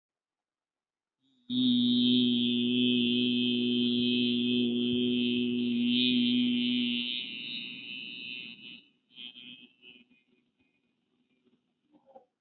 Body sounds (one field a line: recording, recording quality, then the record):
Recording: sustained vowel as in beet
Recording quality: moderate, slight background noise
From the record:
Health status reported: healthy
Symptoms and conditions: none ticked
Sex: male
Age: 26 years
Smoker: not ticked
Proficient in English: yes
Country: India